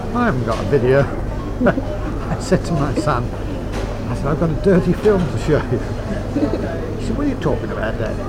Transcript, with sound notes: I haven't got a video player! [laughs] I said to my son, I said, "I've got a dirty film to show you." [laughs] He said, "What're you talking about, Dad?"